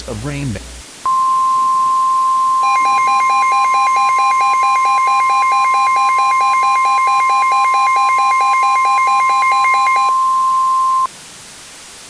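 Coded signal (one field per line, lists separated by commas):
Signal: Emergency Alert System (SAME) tones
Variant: 1050 Hz attention tone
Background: speech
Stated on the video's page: Fictional alert scenario.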